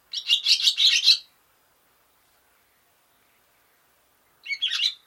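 Barn swallow twitter: a quick run of rasping chirps at the start, a long silence, then a brief second burst of chirps near the end.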